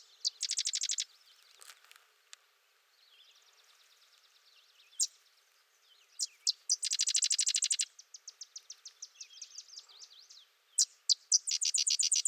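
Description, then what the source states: Sedge wren song: dry rapid chattering bursts introduced by sharp high chips, repeated several times, with softer jumbled notes between the phrases. Singing close.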